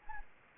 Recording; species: mosquito wingbeat signal from an infrared sensor; Anopheles arabiensis